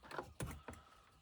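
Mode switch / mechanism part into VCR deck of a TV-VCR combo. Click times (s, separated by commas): 0.4 s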